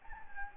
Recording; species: mosquito wingbeat signal from an infrared sensor; Anopheles gambiae